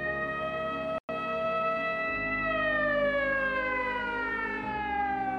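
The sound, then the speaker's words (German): An ambulance siren sounds loudly and steadily alone, its harmonic-rich tone sliding slowly and smoothly downward in pitch, with a momentary dropout about one second in, as the ambulance drives a woman right up to a gallery. “Ein Krankenwagen fährt sie direkt bis vor die Galerie”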